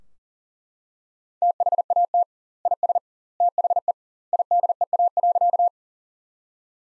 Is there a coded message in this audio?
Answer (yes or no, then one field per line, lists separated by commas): yes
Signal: Morse code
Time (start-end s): 1.4-5.7 s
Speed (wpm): 40 wpm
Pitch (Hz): 700 Hz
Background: none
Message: THAT IS THE IDEA.